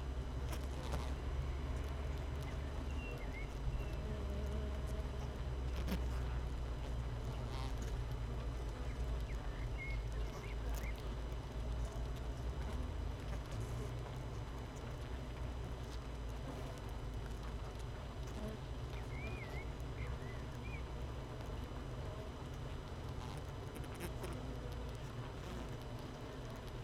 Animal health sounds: honeybee colony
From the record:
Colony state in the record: missing queen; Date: 31 May 2018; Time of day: 7:22

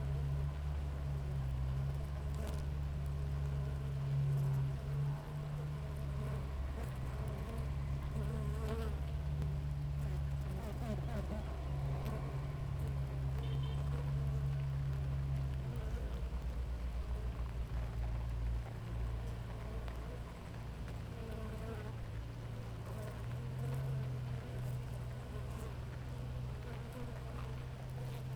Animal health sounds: honeybee colony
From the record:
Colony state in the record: active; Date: 28 July 2017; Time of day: 6:42

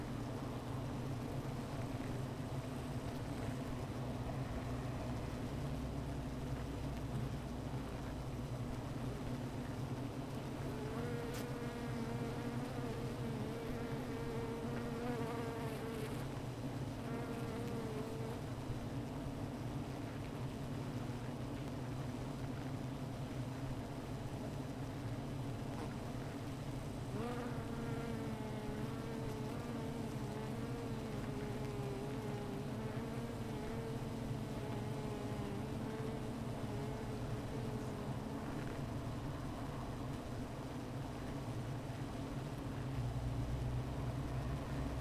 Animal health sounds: honeybee colony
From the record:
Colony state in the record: missing queen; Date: 14 July 2017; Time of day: 15:30

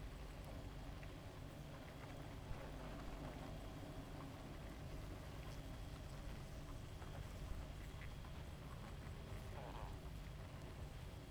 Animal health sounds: honeybee colony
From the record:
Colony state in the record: active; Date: 28 July 2017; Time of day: 0:14

